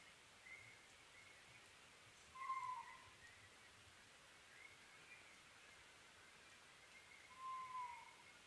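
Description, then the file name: Oriental scops owl calls: two short, slightly falling hooted notes, about five seconds between them, over steady background hiss. Recorded 21 May 2011 at 23:04, at night. "konohazuku-20110521-2304"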